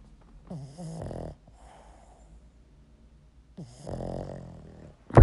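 Two loud, low-pitched, fluttering snores from a female dog come about three seconds apart, each lasting about a second. That is roughly 20 breaths a minute, with quiet, faint breathing between them. She snores with her eyes open and breathes heavily, like a linebacker.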